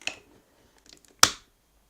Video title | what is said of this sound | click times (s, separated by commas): Review: Voltron Legendary Defender (All 5 Lions + 16" Voltron!) | they snap into place gonna do the same on both sides | 1.2 s